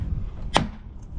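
A plastic trim panel is gently tapped back onto a Ford F-150 pickup's tailgate step, and its fragile plastic retaining clips, which break easily, snap in. A single sharp, bright snap at 0.6 s stands out over a steady low rumble. The clips are confirmed seated at 0.6 s.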